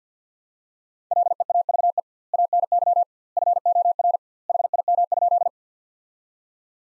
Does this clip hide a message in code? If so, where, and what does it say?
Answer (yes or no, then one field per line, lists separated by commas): yes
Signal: Morse code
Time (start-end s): 1.1-5.5 s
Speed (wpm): 50 wpm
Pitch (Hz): 700 Hz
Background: none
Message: LEAVE ANY FOR HIM?